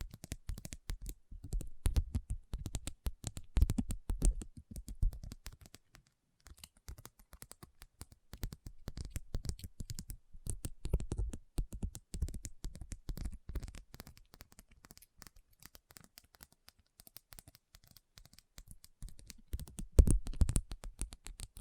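Rhinestones are tapped and scratched in dense, irregular bursts of quick clicks and rasping strokes, mostly low-weighted with sharp ticks reaching up high. Activity comes in clusters with brief lulls around six and seventeen seconds, and a louder flurry near twenty seconds.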